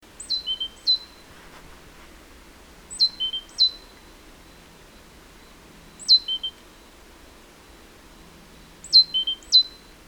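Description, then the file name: Great tit calls: a short phrase of high notes sliding into a level whistle, heard four times, about every three seconds, against faint background hiss. "Parus major"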